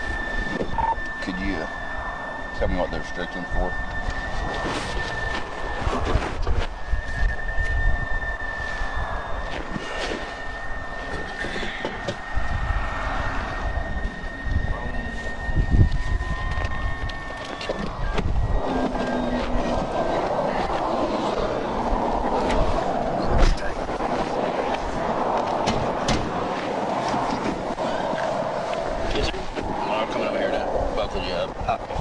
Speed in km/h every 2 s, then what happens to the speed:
0, 0, 0, 0, 0, 0, 0, 0, 0, 0, 0, 0, 0, 0, 0, 0.
0-32 standing.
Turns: none.